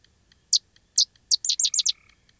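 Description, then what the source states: Sedge wren song: two separate sharp dry chips, then a quick stuttering chatter of rapid notes, with a faint brief trill and soft regular clicks behind. Dry, chattering night song; species prefers grassy or sedgy marshes of the upper Midwest and Canada; distant gray tree frog trills and yellow rail clicking alongside.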